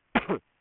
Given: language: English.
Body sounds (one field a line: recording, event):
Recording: throat vibration sensor signal played as sound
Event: cough